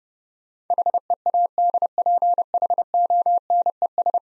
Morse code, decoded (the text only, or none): HEADPHONES